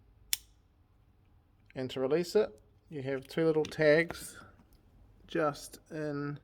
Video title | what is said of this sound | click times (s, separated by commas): Molex Connector Introduction | you just need to make sure that you slide it on from the latched end until it clicks | 0.3 s